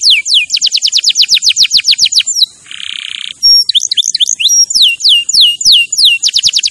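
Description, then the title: Canary song: fast repeated high downslurred notes in rolling tours, a brief buzzy tone near the middle, then rising slurs and more repeated downslurred notes, very high pitched throughout. Champion canary song used as a master recording for training other birds. "Masteran Kenari Juara"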